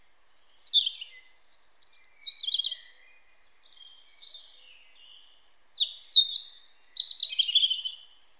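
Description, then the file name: European robin singing liquid, high-pitched phrases of varied thin whistles and rapid trills, a long phrase first and another bright warble after a brief pause. "Erithacus rubecula"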